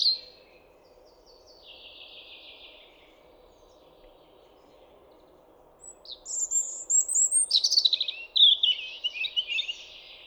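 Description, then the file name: European robin song over a low steady hum: a faint twittering phrase at the start, a pause, then a louder burst of high thin whistles and rapid sparkling warbles. "Erithacus rubecula"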